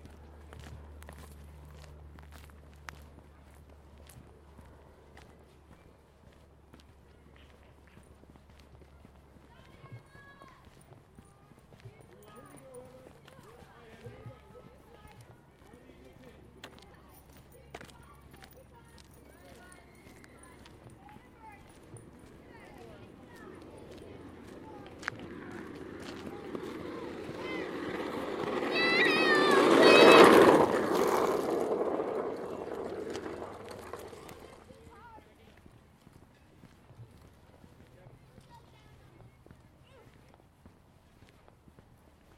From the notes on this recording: stroll in the neighborhood of the Tintinabulary, Seattle